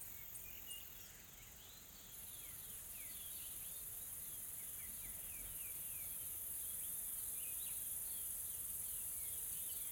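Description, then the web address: Insects make a steady, high, hissing drone that grows louder after two seconds, with many short chirping notes over it. Calm, soft insect sounds in a tropical forest in South Africa. "Smart Sound FX - Nature South Africa AMBIENCE Additional Tropical Forest Soft Insects Calm"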